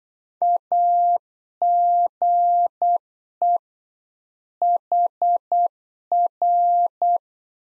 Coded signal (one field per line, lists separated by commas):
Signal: Morse code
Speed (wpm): 8 wpm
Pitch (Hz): 700 Hz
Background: none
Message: AGE HR